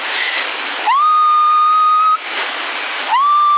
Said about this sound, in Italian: qua per esempio mi segna 1,3 se fischio, quindi con potenza.